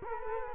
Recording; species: mosquito wingbeat signal from an infrared sensor; Culex quinquefasciatus